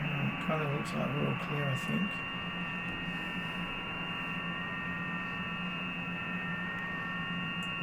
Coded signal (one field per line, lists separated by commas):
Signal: FT8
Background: speech